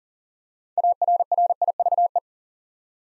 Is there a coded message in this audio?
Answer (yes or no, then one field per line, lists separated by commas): yes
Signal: Morse code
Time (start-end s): 0.8-2.2 s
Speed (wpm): 39 wpm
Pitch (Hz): 700 Hz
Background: none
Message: ARRIVE